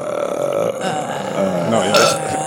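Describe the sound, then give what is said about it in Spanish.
A voice reproduces a singer's raspy vocal sound, making a continuous raspy, gravelly growl for a couple of seconds, a harsh scraped throat sound with a demonic, burp-like quality at steady loudness. “es como raspar la voz, es como un sonido demoníaco”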